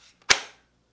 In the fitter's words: a nice click